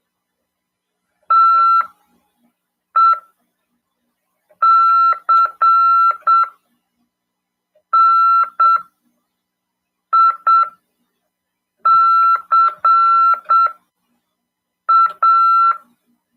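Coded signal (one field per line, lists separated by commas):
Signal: Morse code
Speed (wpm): 7 wpm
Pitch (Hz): 1350 Hz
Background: none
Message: TECNICA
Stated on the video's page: Morse code (CW) lesson in an amateur radio class, broadcast on FM 146.410 MHz.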